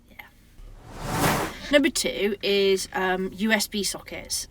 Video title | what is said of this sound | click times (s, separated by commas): Top 3 Modifications Made To Our Caravan | yes the switch on the door you hear it click and it turns on and off yeah | 0.2 s